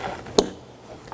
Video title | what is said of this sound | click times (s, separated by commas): How to Replace Headlight Assemblies 2013-2019 Nissan Sentra | Make sure you hear that click and make sure it's secure. | 0.4 s